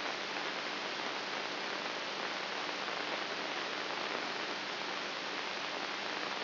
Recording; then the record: brain microelectrode recording played as sound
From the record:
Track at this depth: inside the subthalamic nucleus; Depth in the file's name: 5.44 mm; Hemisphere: right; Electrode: 3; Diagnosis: Parkinson's disease